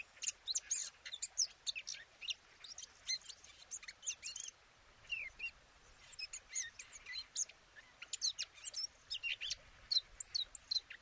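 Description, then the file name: Eurasian blackcap giving a fast, varied warble of high chirps and short whistled notes in bursts, with a brief pause near the middle. "Sylvia atricapilla"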